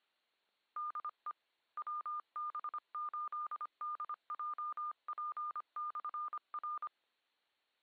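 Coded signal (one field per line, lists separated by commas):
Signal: Morse code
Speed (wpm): 25 wpm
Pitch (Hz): 1210 Hz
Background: none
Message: DE WB8DJP/R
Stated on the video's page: Club 2m net on 146.64 MHz, 110.9 Hz PL, received on a Flex 6700 with preamp and Mosley 5/8 base antenna.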